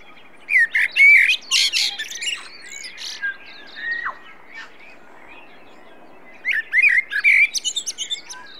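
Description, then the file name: Common blackbird: a rich whistled phrase with squeaky high notes, a quieter interlude, then another mellow phrase closing in rapid twittering. "Turdus merula"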